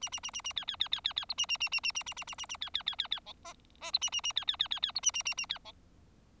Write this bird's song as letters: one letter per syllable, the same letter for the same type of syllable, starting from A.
A A A A A B B B B B B C A A A A A A A A A A A B B B B B D E E C A A A B B B B B C A A A A B D